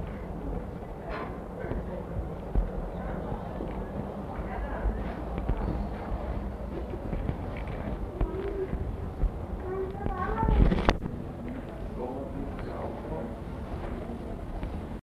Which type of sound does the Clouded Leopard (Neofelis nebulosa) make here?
call